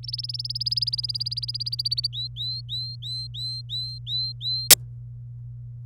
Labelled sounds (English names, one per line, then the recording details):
Domestic Canary song
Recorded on 27 April 2018 at 08:33
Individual llb3